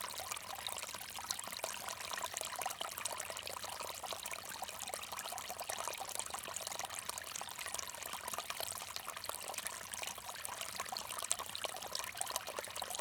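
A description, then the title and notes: A bamboo water fountain trickles steadily, a dense bright splashing with quick fine flickers and no pauses, level throughout the thirteen seconds. Bamboo Water Fountain.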